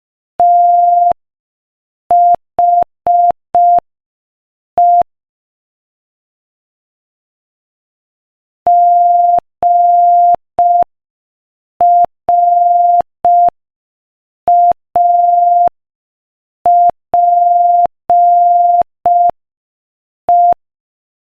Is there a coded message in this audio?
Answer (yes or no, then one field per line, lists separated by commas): yes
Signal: Morse code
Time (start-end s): 0.4-20.5 s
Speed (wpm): 5 wpm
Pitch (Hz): 700 Hz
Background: none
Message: THE GRAPE